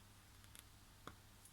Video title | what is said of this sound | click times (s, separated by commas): vous avez le bonjour de madame tomate (hi hi hi ) | Voilà, ça a fait clic, c'est bon. | 0.6 s, 1.1 s